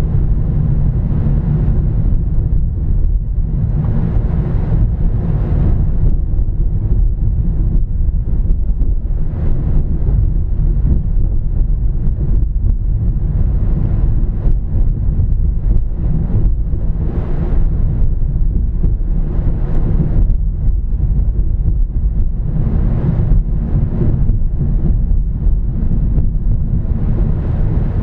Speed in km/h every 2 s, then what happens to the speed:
29, 27, 26, 29, 32, 32, 32, 32, 32, 34, 34, 34, 35, 31.
4-8 speeds up to 32. 8-25 steady at about 32.